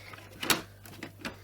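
The clear plastic cover hinges of a Hoover Turbopower Boost U2718 vacuum cleaner are lined up and handled against the vacuum body, with a steady low hum underneath. Short plastic knocks and taps come around 0.4 to 0.5 s, with the loudest at 0.5 s, and softer ones near 1.0 s and 1.3 s. Nothing has seated or clicked yet.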